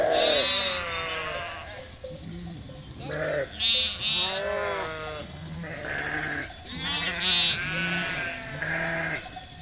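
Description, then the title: Sheep and lambs bleating, loud high quavering calls in clusters separated by brief quieter gaps, deeper bleats underneath. Flock of 467 sheep and lambs, freshly counted by the shepherd, moving and grazing grass and wild garlic; spatialised, moving bleating chorus; spring day, Chindrieux, France; binaural recording, Fostex FR2 LE, recordist on bicycle. "847 Rue de Vars, 73310 Chindrieux, France - Troupeau de moutons"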